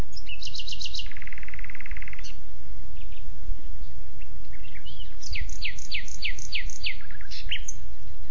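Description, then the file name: Common nightingale song: a few rapid whistled notes, a buzzy churring stretch, then a fast series of repeated sweeping notes, over a steady low rumble. "Luscinia megarhynchos"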